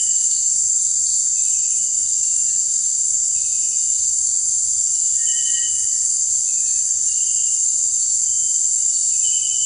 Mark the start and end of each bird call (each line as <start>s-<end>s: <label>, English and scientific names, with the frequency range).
5.13s-6.07s: Cinereous Tinamou (Crypturellus cinereus) (1.3-2.5 kHz)
6.56s-7.15s: Cinereous Tinamou (Crypturellus cinereus) (1.2-2.0 kHz)